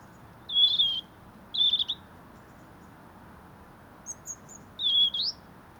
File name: Erithacus rubecula